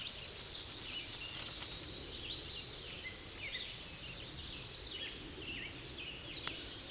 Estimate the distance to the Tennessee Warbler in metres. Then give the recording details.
about 50 m. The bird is about 20 m above the microphone. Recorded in a Pennsylvania forest on 16 May 2024 at 09:32. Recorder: AudioMoth, point MSD-2110. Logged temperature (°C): 16.4 °C. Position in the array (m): 73 m, 200 m